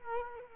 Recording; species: mosquito wingbeat signal from an infrared sensor; Culex quinquefasciatus